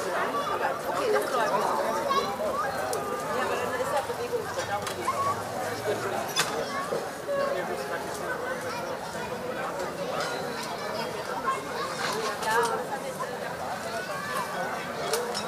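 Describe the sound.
Berlin at dusk: a dense, steady murmur of many overlapping voices fills the whole stretch, with no single speaker standing out. Sharp clicks or knocks cut through now and then, notably around six and twelve seconds, over a faint low rumble.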